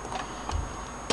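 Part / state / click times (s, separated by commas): laptop keyboard into laptop chassis / not seated / none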